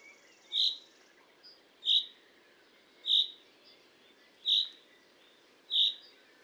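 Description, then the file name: Common chaffinch giving short, bright call notes repeated about every 1.3 seconds, five in all, over a soft background hiss with faint other bird notes. "Fringilla coelebs"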